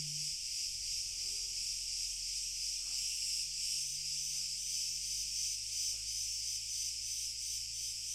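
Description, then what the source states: Crickets form a continuous, dense high-pitched chorus with faint pulsing, over a low steady hum. A distant chorus of crickets.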